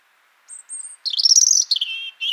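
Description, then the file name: European robin singing a short phrase: two thin, very high drawn-out notes, then a rich, rapid warble that slides downward and ends on lower trills. "Erithacus rubecula"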